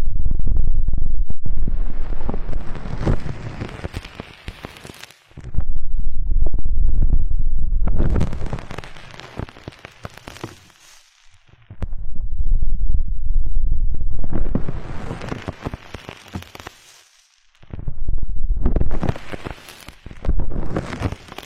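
Ear cleaning massage with dense, loud rubbing and crackling bursts that fill the sound from deep rumble to bright hiss. Four long stretches of scratching and popping are separated by short near-silent gaps around 5, 11 and 17 seconds.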